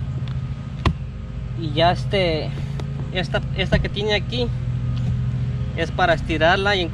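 A spray gun is pushed into the clamp of a spray pole's holder and catches, seating with a sharp click at 0.9 s. Someone talks over a steady low hum.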